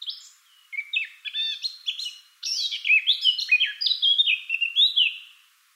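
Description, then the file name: Eurasian blackcap singing a long, quick warble of varied notes that grows louder in its second half. "Sylvia atricapilla"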